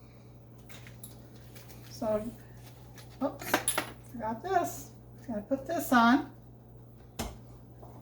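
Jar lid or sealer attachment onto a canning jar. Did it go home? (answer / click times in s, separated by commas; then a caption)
yes / 7.2 s. While vacuum-sealing jars of stock, a jar lid or sealer attachment that had been forgotten is fitted onto a canning jar before the hose goes back on. Someone talks over light background handling noise, then a single sharp snap at 7.2 seconds marks the part seating in place.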